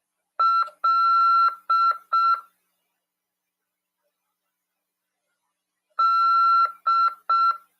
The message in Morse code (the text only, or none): LD